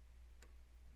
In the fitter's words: start one of the screws turn it backwards until you feel it click so it seats just like that